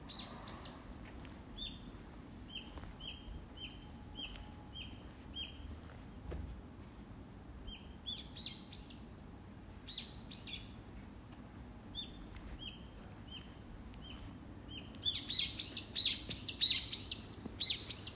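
Birds calling nearby the neighborhood: short, high chirps repeat in loose series throughout, with a steady low rumble underneath. Around fifteen seconds a louder, brighter burst of rapid, rising tweets begins and continues in quick regular pulses to the end.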